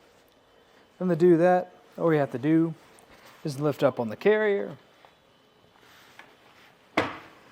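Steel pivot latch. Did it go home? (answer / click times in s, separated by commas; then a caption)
yes / 7.0 s. A Kuat Piston Pro X hitch bike rack for 2 bikes on a 2023 Kia Sportage has its heavy carriage lifted from the tilted position back into the upright position. Someone talks from about 1.0 to 4.8 seconds, a faint tap comes at 6.2 seconds, and the pivot latch clicks sharply into place at 7.0 seconds. The carriage is then seated and locked upright.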